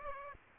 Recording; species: mosquito wingbeat signal from an infrared sensor; Aedes aegypti